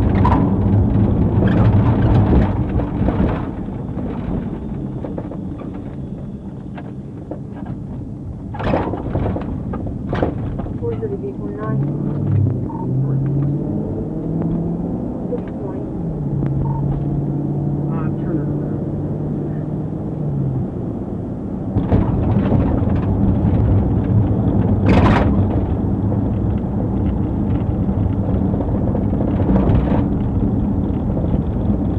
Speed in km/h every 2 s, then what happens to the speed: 58, 50, 31, 21, 24, 29, 55, 58, 66, 69, 69, 66, 66, 63, 55, 50.
0-5 brakes to 21. 7-17 speeds up to 69. 17-25 steady at about 66. 25-28 brakes to 55.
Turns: 3-10.